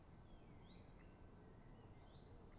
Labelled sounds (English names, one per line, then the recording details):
Great Spotted Woodpecker
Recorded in Germany
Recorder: ecoPi